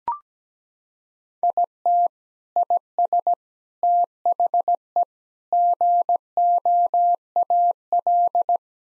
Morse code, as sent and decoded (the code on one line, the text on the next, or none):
.. - / .. ... / - .... . / --. --- .- .-..
IT IS THE GOAL